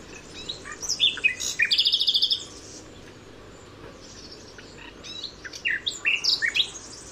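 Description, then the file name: Common nightingale song: varied sharp notes and a brief fast trill, a pause, then a sequence of whistles and chirps. "Luscinia megarhynchos"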